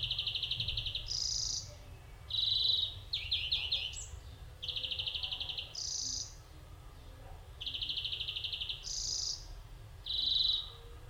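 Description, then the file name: European greenfinch repeating flat rattling trills, several followed by a short higher wheezy note, plus one quick descending stuttered series, over a soft steady background hum. "Chloris chloris"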